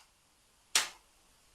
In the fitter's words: and this just snaps right in,